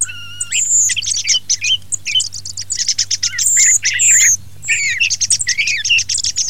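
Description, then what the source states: Thrush singing: dense, jumbled high twitters and clear whistles, with only brief pauses over several seconds. Filtered.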